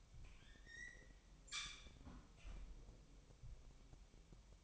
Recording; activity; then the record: daily activity, microphone in the room; close fridge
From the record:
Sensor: 1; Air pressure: 1002.0 hPa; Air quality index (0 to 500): 245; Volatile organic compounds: 51 ppm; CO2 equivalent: 3306 ppm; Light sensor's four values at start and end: 8/28/10/11 and 8/28/10/11